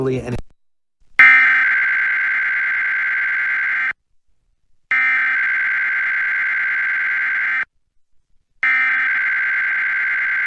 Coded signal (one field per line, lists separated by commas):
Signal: Emergency Alert System (SAME) tones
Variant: header bursts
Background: speech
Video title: Emergency Alert System EAS Required Monthly Test RMT Sacramento, California KXJZ-FM +WeatherSTAR4000